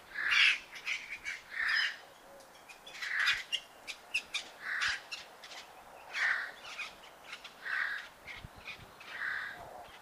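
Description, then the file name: Eurasian jay calling with hoarse, grating screeches repeated roughly every second and a half, with softer rasping notes in between. "Garrulus glandarius"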